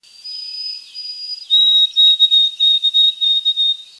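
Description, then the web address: White-throated sparrow whistling a clear song: a long pure opening note, then a slightly lower note broken into several quick repeated stutters. "steve pelikan wtsp"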